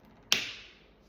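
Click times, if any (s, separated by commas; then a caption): 0.3 s. The plastic shell of a Honda remote key fob is pried apart to reach its coin battery, and the case halves pop open with a sharp snap at 0.3 s. A bright, high-pitched ring fades over about half a second.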